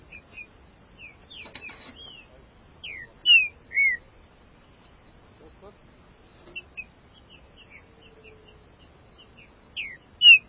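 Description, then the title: Green-winged saltator song: loud, clear slurred whistles, some dropping sharply, in short bursts separated by pauses, with softer chirps between and a quiet background. "Trinca Ferro"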